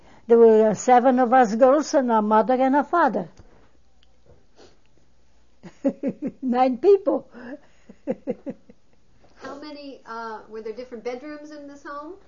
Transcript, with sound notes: There were seven of us girls, and a mother and a father. (She laughs.) Nine people. (She laughs.)
How many, were there different bedrooms in this home?